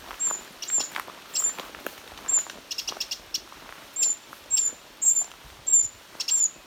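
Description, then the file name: Eurasian wren hard clicking calls, scattered and irregular, among frequent short high whistles that dip in pitch. "Troglodytes troglodytes"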